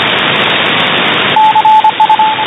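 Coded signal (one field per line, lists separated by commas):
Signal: Morse code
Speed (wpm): 25 wpm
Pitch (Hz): 870 Hz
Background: radio noise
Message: CU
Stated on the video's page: Morse code received on an SDR at 28.028 MHz USB.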